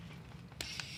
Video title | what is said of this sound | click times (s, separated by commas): EVERYTHING DOG GROOMING Explained! | and that it locks into place with your blade drive so | 0.6 s